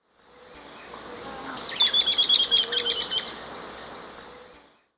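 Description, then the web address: Sooty-crowned flycatcher giving a quick chattering series of sharp, high notes lasting about a second and a half, over a steady hiss. Recorded in Ecuador. "Natures Songs S America Birds of Ecuador. Sooty-Crowned Flycatcher"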